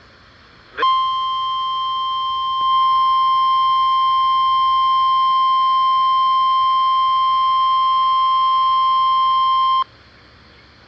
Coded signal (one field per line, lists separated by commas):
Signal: Emergency Alert System (SAME) tones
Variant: 1050 Hz attention tone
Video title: EAS#280 Required Weekly Test